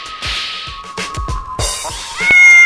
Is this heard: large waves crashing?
no